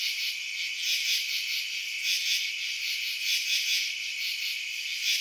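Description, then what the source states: Cricket chorus of continuous high-pitched trilling. Crickets recorded at night in residential suburbs.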